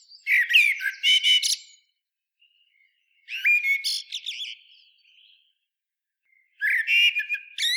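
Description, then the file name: Common blackbird giving three melodious phrases with high, twittering notes, with quiet spells between. "Turdus merula"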